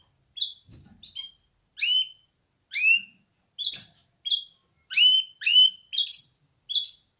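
Canary song: spaced, sweet upslurred whistles and chips.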